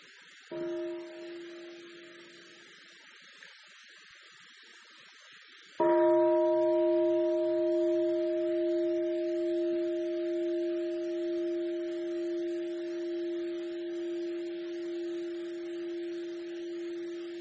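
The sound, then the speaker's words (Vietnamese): A meditation bell is tapped lightly once, then struck fully a few seconds later, its deep, steady hum resonating and slowly fading for over ten seconds with no talking. “Nếu như mình theo dõi được hoàn toàn, mình giữ được cái tâm ý của mình nó có mặt liên tục trong khi nghe chuông, trong khi thở vào, thở ra đó, thì đó là sự thành công.”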